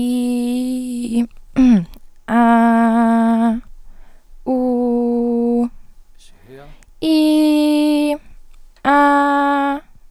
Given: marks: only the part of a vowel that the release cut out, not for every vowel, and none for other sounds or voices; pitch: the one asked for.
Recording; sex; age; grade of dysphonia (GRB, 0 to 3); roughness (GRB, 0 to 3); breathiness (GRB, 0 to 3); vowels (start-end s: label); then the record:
sustained vowels; female; 18 to 19 years; 0; 0; 0
0.00-0.60 s: vowel /i/, normal pitch
2.62-3.41 s: vowel /a/, normal pitch
4.59-5.53 s: vowel /u/, normal pitch
7.17-8.05 s: vowel /i/, high pitch
8.96-9.67 s: vowel /a/, high pitch
From the record:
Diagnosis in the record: healthy voice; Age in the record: 19 years